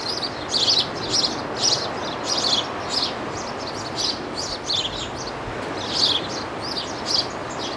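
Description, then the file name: Birds chirping, with short high twittering notes in quick bursts over a steady loud rushing background noise. Birds in a seaside garden. "Birds in the Seaside Garden"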